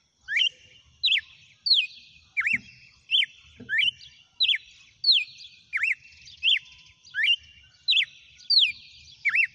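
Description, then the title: Red-cowled cardinal singing a sharp slurred whistled note over and over, roughly every 0.7 seconds, with a faint low knock in the background. Female red-cowled cardinal, described as singing and 'batendo fogo'. "Canto Galo Campina Fêmea. GALO DE CAMPINA CANTANDO e BATENDO FOGO?"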